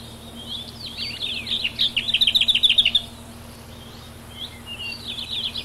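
Lesser whitethroat song opening with a muffled warble, then a loud dry rattle of evenly repeated notes, and a short scratchy phrase after a pause.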